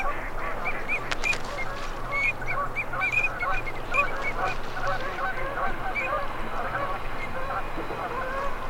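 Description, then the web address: Ducks mixing a run of short high whistles with lower nasal chattering calls, over a steady low hum. Male and female migratory ducks. "Male and female migratory ducks. صدای-مرغابی-های-مهاجر-نر-و-ماده"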